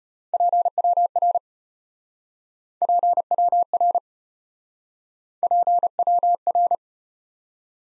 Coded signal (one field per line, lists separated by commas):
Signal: Morse code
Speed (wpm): 33 wpm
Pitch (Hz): 700 Hz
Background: none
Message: PWR PWR PWR